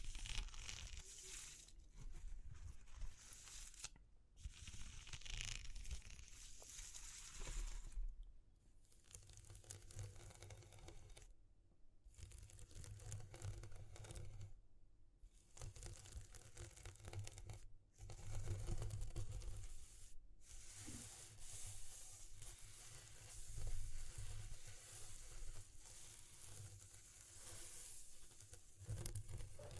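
ASMR texture sounds: dense, crackly scratching and crinkling fill the clip, bright and hissy, with a low rumble of handling underneath. Brief silent gaps break it up around 4, 8, 12, 15, 18 and 20 seconds, and the texture resumes each time.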